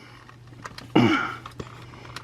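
The final plastic section of a toy robot is brought down and pressed toward the vehicle body to connect, with light plastic taps and handling noises while someone briefly talks. Nothing has seated or clicked into place yet.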